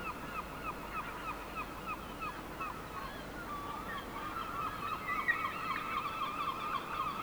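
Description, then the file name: Gulls call in a busy chorus of quick yelping notes, growing denser and louder in the second half. "seagulls"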